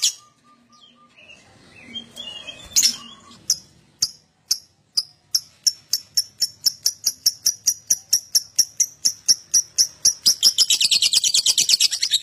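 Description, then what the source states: Lovebird song: a few scratchy notes, then sharp high chips repeated steadily and speeding up into a rapid buzzy chatter at the end. Adult lovebird; song described as gacor owor owor.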